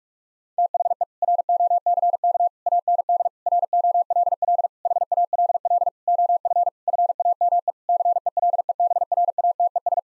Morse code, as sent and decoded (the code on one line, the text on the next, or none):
- .... . / .-. --- -.-. -.- / .- -. -.. / .-. --- .-.. .-.. / .... .- .-.. .-.. / --- ..-. / ..-. .- -- . / -.-. . .-.. . -... .-. .- - . ...
THE ROCK AND ROLL HALL OF FAME CELEBRATES